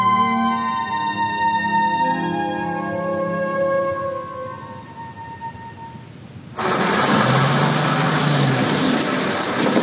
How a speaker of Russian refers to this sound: Грузовая машина с грохотом едет по извилистой дороге.